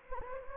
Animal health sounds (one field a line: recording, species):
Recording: mosquito wingbeat signal from an infrared sensor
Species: Anopheles gambiae